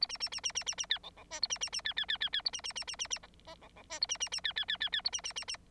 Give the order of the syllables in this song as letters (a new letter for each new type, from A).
A B B B B B B B C D D E A B B B C C C C C A B B B B B B F F D D E A B B B C C C C C A B B B B